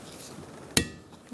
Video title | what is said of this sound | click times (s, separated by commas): How to Replace Front Wiper Blades 2012-2017 Hyundai Accent | until you hear the click. | 0.8 s